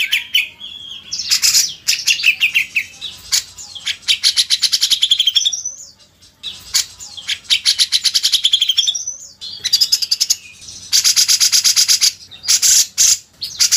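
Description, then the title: Grey-cheeked bulbul song: extended high-pitched chattering, with dense rattling trills and whistled slurs in several bursts separated by short gaps. Masteran, a training recording for teaching songbirds. "MASTERAN CUCAK JENGGOT"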